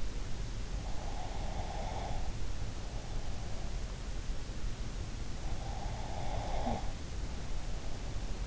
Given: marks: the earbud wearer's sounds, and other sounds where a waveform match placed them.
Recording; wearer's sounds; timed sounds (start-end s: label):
sounds in sleep by an in-ear microphone; breath
0.97-3.80 s: breath
5.70-8.47 s: breath